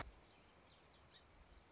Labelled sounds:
Song Sparrow (Melospiza melodia)
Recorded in Sonoma County, California

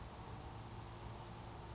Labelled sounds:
California Towhee (Melozone crissalis)
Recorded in Sonoma County, California

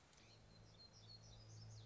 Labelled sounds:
Black-throated Gray Warbler (Setophaga nigrescens)
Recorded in Sonoma County, California

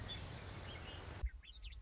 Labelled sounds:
Western Meadowlark (Sturnella neglecta)
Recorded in Sonoma County, California

